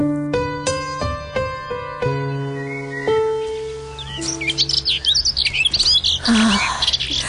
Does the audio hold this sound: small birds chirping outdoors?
yes